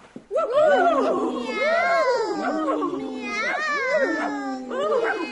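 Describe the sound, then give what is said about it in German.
Two children's voices imitate two horses whinnying during an animal-sound game, overlapping in high, wavering, quavering neighs that rise and fall in pitch for several seconds without a break. “Hey, ich habe ganz klar 2 Pferde gehört.”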